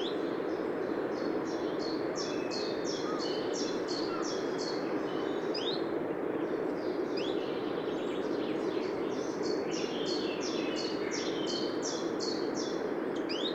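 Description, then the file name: Eurasian wren calls: two long runs of sharp, high ticking notes, several per second, each series lasting around five seconds, over a constant loud rushing background. "Troglodytes troglodytes"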